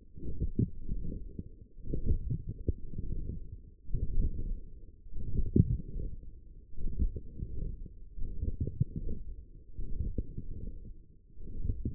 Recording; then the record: forearm muscle sounds (acoustic myography)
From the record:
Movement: forearm supination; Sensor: system 1, eight BSWA MPA416 microphones around the upper forearm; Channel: 3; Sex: male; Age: 42 years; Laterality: right